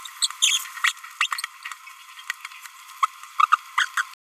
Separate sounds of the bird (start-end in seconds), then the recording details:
0.42-0.66, 0.84-0.91, 1.21-1.26, 3.39-3.46, 3.52-3.56, 3.78-3.87, 3.97-4.02. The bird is a male. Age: 27 days. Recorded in a nest box in Venezuela. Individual 17B31A2